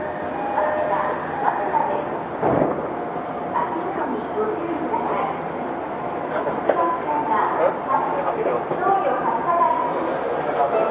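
Inside a Tokyo Metro 05 series wide-door train running between Nakano and Nishi-Funabashi, a steady roar of motion fills the clip. Murmured voices and short squealing tones rise above it, with a sharper clunk around two and a half seconds.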